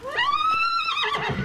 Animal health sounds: contact call of a hoofed animal; horse; whinny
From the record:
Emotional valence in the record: positive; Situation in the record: reunion with the whole group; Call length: 1.44 s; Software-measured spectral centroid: 2310 Hz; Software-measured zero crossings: 3220 a second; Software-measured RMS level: -24 dBFS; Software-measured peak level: -11 dBFS

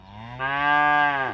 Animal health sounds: contact call of a hoofed animal; cattle; low-frequency (closed-mouth) or high-frequency (open-mouth) call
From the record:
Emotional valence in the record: negative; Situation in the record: full separation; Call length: 1.34 s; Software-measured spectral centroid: 1560 Hz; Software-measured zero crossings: 2500 a second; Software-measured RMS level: -23 dBFS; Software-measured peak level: -9 dBFS

